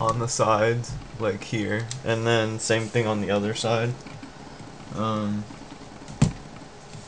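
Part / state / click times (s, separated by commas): plastic retaining clip on phone housing holding LCD assembly / released / 6.2 s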